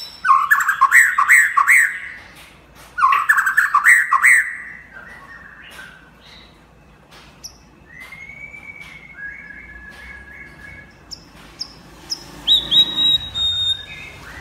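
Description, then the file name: White-rumped shama song: two bursts of rapid rolling, squawky notes, then quieter whistles, flat whistled notes in series, and a closing high phrase. Champion bird from a singing contest. "suara murai batu juara lomba"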